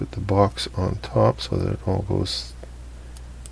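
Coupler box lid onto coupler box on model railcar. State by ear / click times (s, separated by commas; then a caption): seated / 3.2 s, 3.5 s. A plastic coupler box lid is pressed down over a Kadee coupler on a model train gondola while someone talks. After the talking stops, two sharp clicks are heard at about 3.2 s and 3.5 s as the lid snaps into place, though it is only a press fit.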